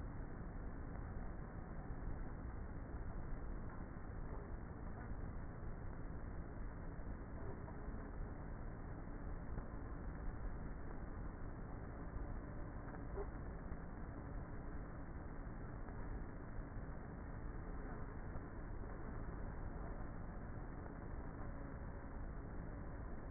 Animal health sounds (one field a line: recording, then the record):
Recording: honeybee colony, microphone inside the hive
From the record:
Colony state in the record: queenless with a low population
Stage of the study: before two queens were removed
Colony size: about 30,000 bees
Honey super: no